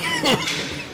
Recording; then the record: coughing mixed with background sound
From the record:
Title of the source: Dry Afternoon Cough